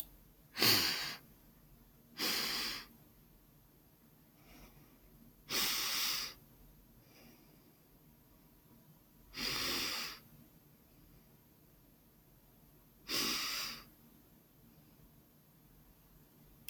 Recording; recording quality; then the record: deep breathing; excellent, no background noise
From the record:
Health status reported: healthy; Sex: female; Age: 29 years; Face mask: not worn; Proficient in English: yes